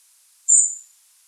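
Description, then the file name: European robin's single high, thin call note that fades, in otherwise quiet surroundings. "Erithacus rubecula"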